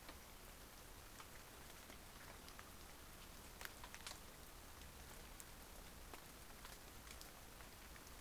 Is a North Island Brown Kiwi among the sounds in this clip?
no